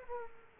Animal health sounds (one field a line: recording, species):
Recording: mosquito wingbeat signal from an infrared sensor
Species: Aedes aegypti